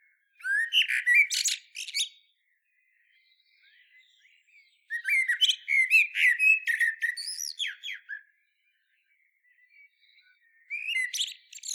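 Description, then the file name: Common blackbird singing three separate phrases. Rich low whistles give way to high, scratchy chirps, and quiet warbling fills the gaps. "Turdus merula"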